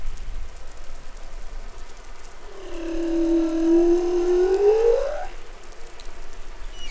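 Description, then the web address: Humpback whale song: one long tonal moan rich in harmonics, rising at its end, swelling over about three seconds, with faint crackle around it. Recorded off New Caledonia in the Pacific on 20 July 2013. "SOUNDLIB Glotin etal MEDsea Arctiqueet Pacific Baleinea Bosse Nouvelle Caledonie 20130720 Glotin"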